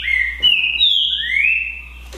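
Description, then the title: Green-winged saltator gives a single clear whistled phrase: a level note, higher notes, then a long upward-sliding whistle that fades. Song contest between two birds, Naval versus Demolidor, 2022 season; birds calling, singing and 'macheando' (male challenge singing) during the contest. "TRINCA Piando, Cantando E Macheando Na DISPUTA. DISPUTA DE TRINCA FERRO NAVAL VS DEMOLIDOR 2022 TEMPORADA 2022"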